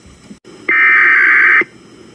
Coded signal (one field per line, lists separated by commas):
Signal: Emergency Alert System (SAME) tones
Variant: header bursts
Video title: Alot of tests and one FFW. EAS Alerts from 8/17/22